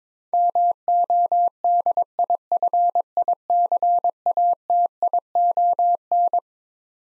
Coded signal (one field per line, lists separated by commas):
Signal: Morse code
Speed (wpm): 22 wpm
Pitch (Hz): 700 Hz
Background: none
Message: MODIFICATION